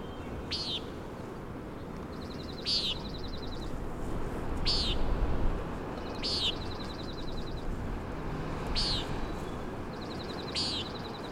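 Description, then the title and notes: Common nighthawk peenting six times, each buzzy note about two seconds apart, while a fainter rapid ticking series sounds between calls over wind noise. "Common Nighthawk "peenting" and "wing booms" 3:58am on top of Schoodic Head (Schoodic Div., Acadia National Park)"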